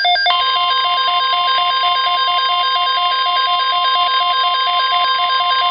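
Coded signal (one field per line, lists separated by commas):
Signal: Emergency Alert System (SAME) tones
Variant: 1050 Hz attention tone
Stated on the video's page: NOAA Weather Radio rebroadcast of a severe thunderstorm watch from the NWS Philadelphia/Mount Holly transmitter at Sudlersville, Maryland, resent after the station went offline.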